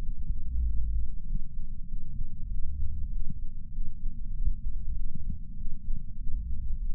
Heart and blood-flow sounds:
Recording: heart sounds by patch sensor on the chest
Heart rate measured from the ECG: 97 bpm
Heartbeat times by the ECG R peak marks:
0.01 s: heartbeat
0.62 s: heartbeat
1.24 s: heartbeat
1.86 s: heartbeat
2.48 s: heartbeat
3.09 s: heartbeat
3.71 s: heartbeat
4.32 s: heartbeat
4.94 s: heartbeat
5.55 s: heartbeat
6.17 s: heartbeat
6.79 s: heartbeat
From the record:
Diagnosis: coronary artery disease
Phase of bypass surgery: preoperative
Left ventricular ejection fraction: 66.8%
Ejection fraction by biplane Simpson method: 67.5%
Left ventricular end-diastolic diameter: 41 mm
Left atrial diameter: 29 mm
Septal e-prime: 9.5 cm/s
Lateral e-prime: 10.6 cm/s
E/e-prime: 8.7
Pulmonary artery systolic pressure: 27 mmHg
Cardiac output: 4.8 L/min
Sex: female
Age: 77 years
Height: 168 cm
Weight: 49 kg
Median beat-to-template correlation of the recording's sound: 0.81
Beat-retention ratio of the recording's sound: 0.99

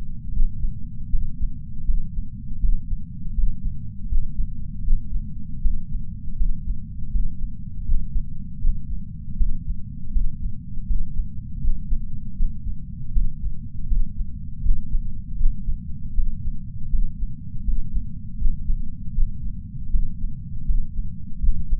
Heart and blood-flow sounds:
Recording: heart sounds by patch sensor on the chest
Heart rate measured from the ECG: 80 bpm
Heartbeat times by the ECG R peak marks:
0.33 s: heartbeat
1.10 s: heartbeat
1.85 s: heartbeat
2.60 s: heartbeat
3.34 s: heartbeat
4.09 s: heartbeat
4.84 s: heartbeat
5.61 s: heartbeat
6.37 s: heartbeat
7.11 s: heartbeat
7.85 s: heartbeat
8.61 s: heartbeat
9.37 s: heartbeat
10.12 s: heartbeat
10.87 s: heartbeat
11.61 s: heartbeat
12.36 s: heartbeat
13.13 s: heartbeat
13.88 s: heartbeat
14.63 s: heartbeat
15.37 s: heartbeat
16.14 s: heartbeat
16.90 s: heartbeat
17.64 s: heartbeat
18.38 s: heartbeat
19.14 s: heartbeat
19.90 s: heartbeat
20.66 s: heartbeat
21.40 s: heartbeat
From the record:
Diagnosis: coronary artery disease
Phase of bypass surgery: intraoperative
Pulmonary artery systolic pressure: 21 mmHg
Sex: male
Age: 60 years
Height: 180 cm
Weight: 100 kg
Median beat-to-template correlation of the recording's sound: 0.80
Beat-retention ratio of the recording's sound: 1.00

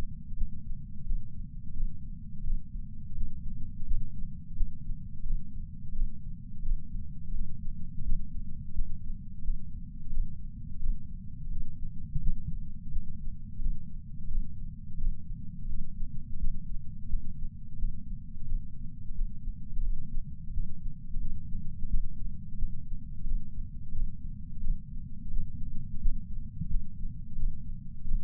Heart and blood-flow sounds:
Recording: heart sounds by patch sensor on the chest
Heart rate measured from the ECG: 87 bpm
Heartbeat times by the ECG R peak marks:
0.37 s: heartbeat
1.06 s: heartbeat
1.75 s: heartbeat
2.44 s: heartbeat
3.16 s: heartbeat
3.86 s: heartbeat
4.57 s: heartbeat
5.25 s: heartbeat
5.93 s: heartbeat
6.63 s: heartbeat
7.34 s: heartbeat
8.04 s: heartbeat
8.74 s: heartbeat
9.44 s: heartbeat
10.12 s: heartbeat
10.81 s: heartbeat
11.51 s: heartbeat
12.22 s: heartbeat
12.92 s: heartbeat
13.61 s: heartbeat
14.29 s: heartbeat
14.98 s: heartbeat
15.68 s: heartbeat
16.39 s: heartbeat
17.09 s: heartbeat
17.79 s: heartbeat
18.46 s: heartbeat
19.15 s: heartbeat
19.83 s: heartbeat
20.53 s: heartbeat
21.20 s: heartbeat
21.89 s: heartbeat
22.58 s: heartbeat
23.26 s: heartbeat
23.94 s: heartbeat
24.61 s: heartbeat
25.31 s: heartbeat
26.01 s: heartbeat
26.70 s: heartbeat
27.37 s: heartbeat
28.06 s: heartbeat
From the record:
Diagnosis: coronary artery disease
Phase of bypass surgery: postoperative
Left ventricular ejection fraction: 65.4%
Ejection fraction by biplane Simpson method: 64.8%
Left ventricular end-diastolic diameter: 41 mm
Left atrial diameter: 37 mm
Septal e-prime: 8.8 cm/s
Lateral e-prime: 8.1 cm/s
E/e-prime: 9.9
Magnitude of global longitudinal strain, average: 18.9%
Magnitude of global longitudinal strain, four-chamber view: 23.8%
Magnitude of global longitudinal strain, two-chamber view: 17.7%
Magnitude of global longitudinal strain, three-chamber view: 15.3%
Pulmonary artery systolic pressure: 36 mmHg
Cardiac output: 4.4 L/min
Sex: male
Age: 76 years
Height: 165 cm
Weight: 79 kg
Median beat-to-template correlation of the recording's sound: 0.64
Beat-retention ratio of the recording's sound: 0.99

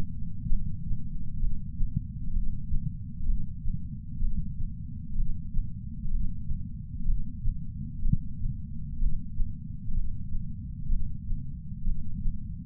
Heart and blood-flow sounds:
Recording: heart sounds by patch sensor on the chest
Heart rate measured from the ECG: 63 bpm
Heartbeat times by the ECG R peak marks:
0.48 s: heartbeat
1.40 s: heartbeat
2.33 s: heartbeat
3.26 s: heartbeat
4.20 s: heartbeat
5.16 s: heartbeat
6.11 s: heartbeat
7.06 s: heartbeat
8.02 s: heartbeat
8.99 s: heartbeat
9.94 s: heartbeat
10.89 s: heartbeat
11.85 s: heartbeat
From the record:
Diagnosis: coronary artery disease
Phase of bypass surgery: preoperative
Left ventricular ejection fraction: 60%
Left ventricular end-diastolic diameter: 47 mm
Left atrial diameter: 35 mm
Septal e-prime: 6.9 cm/s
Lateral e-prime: 9.8 cm/s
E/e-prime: 7.7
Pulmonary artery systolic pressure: 27 mmHg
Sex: male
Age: 63 years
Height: 180 cm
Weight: 65 kg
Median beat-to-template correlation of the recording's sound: 0.86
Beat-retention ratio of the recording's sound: 0.95

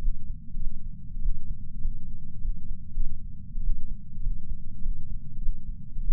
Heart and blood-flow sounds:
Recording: heart sounds by patch sensor on the chest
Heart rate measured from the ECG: 100 bpm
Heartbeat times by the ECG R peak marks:
0.00 s: heartbeat
0.56 s: heartbeat
1.21 s: heartbeat
1.81 s: heartbeat
2.41 s: heartbeat
2.94 s: heartbeat
3.62 s: heartbeat
4.22 s: heartbeat
4.82 s: heartbeat
5.40 s: heartbeat
6.02 s: heartbeat
From the record:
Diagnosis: coronary artery disease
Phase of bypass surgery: postoperative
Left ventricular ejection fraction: 34.1%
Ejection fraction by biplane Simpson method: 29.5%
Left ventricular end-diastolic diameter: 66 mm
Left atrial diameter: 43 mm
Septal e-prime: 4.6 cm/s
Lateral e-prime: 6.7 cm/s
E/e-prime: 15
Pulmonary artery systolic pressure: 38 mmHg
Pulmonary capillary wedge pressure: 9 mmHg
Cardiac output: 3.4 L/min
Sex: male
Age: 47 years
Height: 180 cm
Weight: 90 kg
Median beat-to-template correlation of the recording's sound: 0.83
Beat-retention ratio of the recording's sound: 0.99

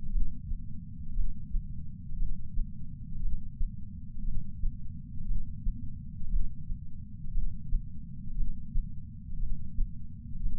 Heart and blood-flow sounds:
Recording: heart sounds by patch sensor on the chest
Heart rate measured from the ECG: 58 bpm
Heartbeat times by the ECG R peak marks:
0.11 s: heartbeat
1.15 s: heartbeat
2.18 s: heartbeat
3.21 s: heartbeat
4.24 s: heartbeat
5.27 s: heartbeat
6.30 s: heartbeat
7.33 s: heartbeat
8.36 s: heartbeat
9.39 s: heartbeat
10.41 s: heartbeat
From the record:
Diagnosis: coronary artery disease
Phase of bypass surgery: intraoperative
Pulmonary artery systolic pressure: 38 mmHg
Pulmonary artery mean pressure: 23 mmHg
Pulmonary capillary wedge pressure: 11 mmHg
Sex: male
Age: 74 years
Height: 175 cm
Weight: 66 kg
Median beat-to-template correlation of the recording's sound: 0.93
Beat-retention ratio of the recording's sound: 0.98

